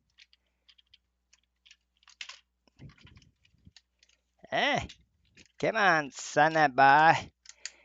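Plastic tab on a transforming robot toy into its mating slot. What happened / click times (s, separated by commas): Plastic parts handled, nothing clearly seated yet / none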